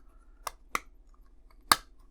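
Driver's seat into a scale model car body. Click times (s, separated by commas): 1.7 s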